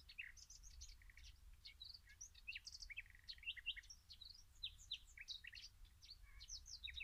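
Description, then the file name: Common nightingale singing a dense, rapid stream of sharp chirps, rising whistles and short trills, with steady low background hum. "Luscinia megarhynchos"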